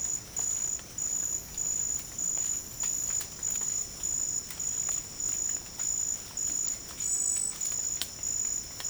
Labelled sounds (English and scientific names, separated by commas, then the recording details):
none
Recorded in dense forest near Puerto Asís, Putumayo, Colombia, on 30 June 2025 at 17:00
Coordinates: 0.503, -76.323
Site G059